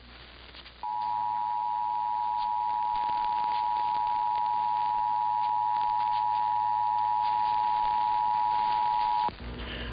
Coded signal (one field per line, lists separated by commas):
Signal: Emergency Alert System (SAME) tones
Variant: 853 and 960 Hz attention tone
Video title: [EAS #2483-#2489] Tests Galore! (6/20/23 - 6/21/23)